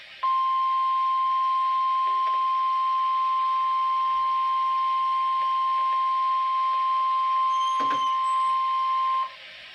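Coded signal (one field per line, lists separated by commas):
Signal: Emergency Alert System (SAME) tones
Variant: 1050 Hz attention tone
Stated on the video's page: Tornado and severe weather alerts recorded off NOAA Weather Radio broadcasts during the 2023 Northeast tornado outbreak.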